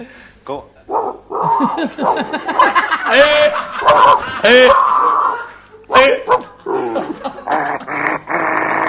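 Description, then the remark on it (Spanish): A woman makes rough, throaty growling and yapping noises in imitation of a dog, showing what she says to dogs, in uneven bursts with harmonic yelps, while voices and laughter come in between. “¿Y esto es lo que le dice a los perros?”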